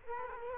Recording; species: mosquito wingbeat signal from an infrared sensor; Culex quinquefasciatus